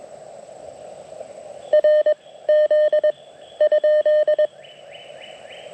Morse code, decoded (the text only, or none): R Z ?